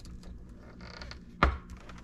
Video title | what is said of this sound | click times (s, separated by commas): FoodSaver FM2900 Review: Extend the Life of Your Food with Vacuum Sealing | till it snaps | 1.4 s